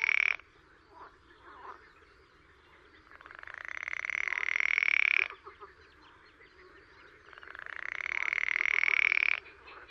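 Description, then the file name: Frog giving long buzzy pulsed rattles that build in loudness and rise slightly in pitch, two drawn-out calls with a low background rumble. "grenouille de lessona"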